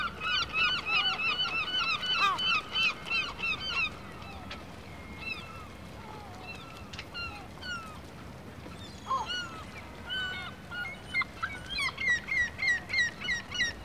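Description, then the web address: Gulls calling, rapid series of loud yelping calls, then scattered drawn-out wails and cries, then another rapid series near the end, from several birds. Seagulls in a harbour atmosphere, a rural exterior. "BBC Sound Effects Library - Complete 60 CDs Collection Sound Effects Library (Exterior Atmospheres-Rural Backg) Seagulls Harbor Atmosphere"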